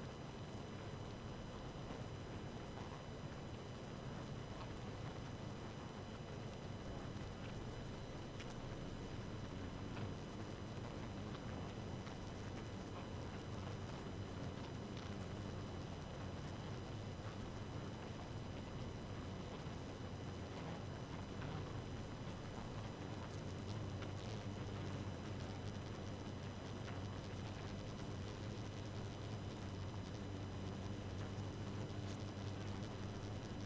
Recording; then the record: honeybee colony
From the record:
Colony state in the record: active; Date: 12 June 2018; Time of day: 2:12